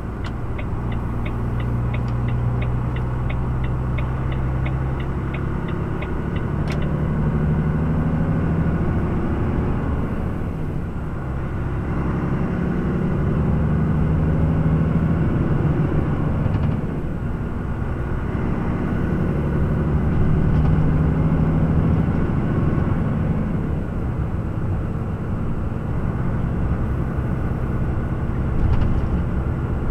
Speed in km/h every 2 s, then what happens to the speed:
19, 21, 24, 26, 28, 28, 32, 37, 37, 40, 44, 45, 45, 45, 46.
0-21 speeds up to 45. 21-30 steady at about 45.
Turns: none.